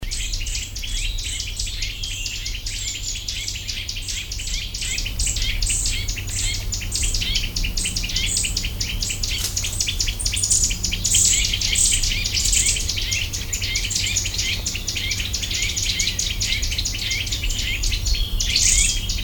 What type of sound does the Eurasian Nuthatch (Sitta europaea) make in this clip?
call